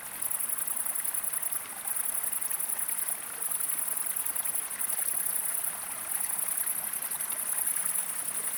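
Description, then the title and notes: Upland green bush-cricket song, a sustained very high shrill buzz broken by short gaps, with surrounding insect buzzing and a constant babbling stream underneath. Single foreground singer by a stream, great green bush-crickets around; evening 20 August 2018, 19:00–19:30, 1200 m, Drôme, France; windless, stormy cloudy sky, 20–22 °C; jerky crescendo rhythm; mountain species; Nagra Seven, MKH40. "Le Villard - Val Maravel. Sauterelle cymbalière"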